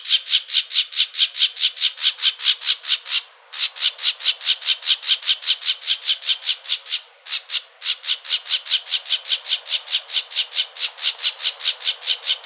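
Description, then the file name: Plumbeous vireo scolding chatter, a steady stream of harsh, raspy notes repeated quickly, broken by two brief pauses. Calls recorded in Arizona. "PLVI CALLS deviche"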